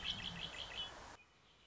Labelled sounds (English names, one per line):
Red-winged Blackbird